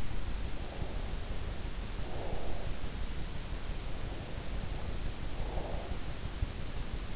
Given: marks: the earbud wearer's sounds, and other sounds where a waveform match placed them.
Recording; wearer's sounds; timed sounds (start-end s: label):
sounds in sleep by an in-ear microphone; breath
0.42-2.97 s: breath
4.00-6.18 s: breath